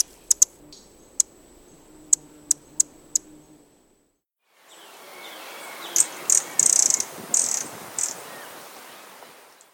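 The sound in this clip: Buff-bellied hummingbird giving sharp, dry, very high ticks at irregular intervals over a faint steady whine, then after a pause a hissy stretch with clustered buzzy high chips.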